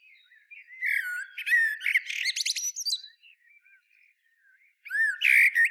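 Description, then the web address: Common blackbird song: a fluting whistled phrase ending in a rapid high twitter, a quiet pause with faint warbling, then a new fluted phrase starts. "SETE data Turdus merula"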